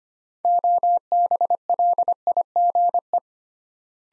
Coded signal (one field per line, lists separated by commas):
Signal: Morse code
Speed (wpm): 25 wpm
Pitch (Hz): 700 Hz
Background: none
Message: OBLIGE